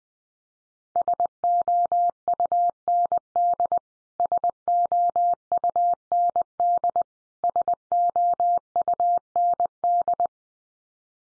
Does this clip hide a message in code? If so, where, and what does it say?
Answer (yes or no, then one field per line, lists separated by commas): yes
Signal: Morse code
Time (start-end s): 1.0-10.3 s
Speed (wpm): 20 wpm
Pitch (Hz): 700 Hz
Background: none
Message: SOUND SOUND SOUND